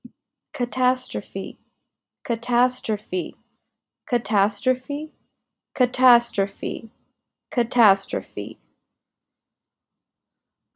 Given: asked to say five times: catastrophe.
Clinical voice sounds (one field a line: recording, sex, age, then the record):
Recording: repeated word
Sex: female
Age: 20 to 29 years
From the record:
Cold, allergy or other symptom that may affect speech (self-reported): no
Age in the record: 28 years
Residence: Washington, United States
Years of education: 18